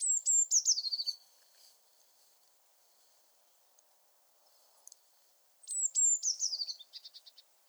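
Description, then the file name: Eurasian blue tit: a quick run of high notes stepping down in pitch, heard twice about five seconds apart, the second ending in a few short trailing notes. "Cyanistes caeruleus"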